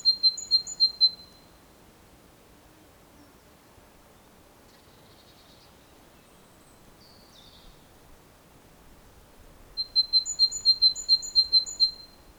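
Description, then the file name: Great tit calls: a quick series of thin, high notes alternating between two pitches, one burst at the start and a longer run near the end, with quiet between. "Parus major"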